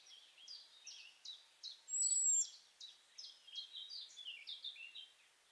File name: Erithacus rubecula